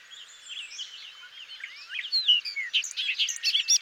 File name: Bobolink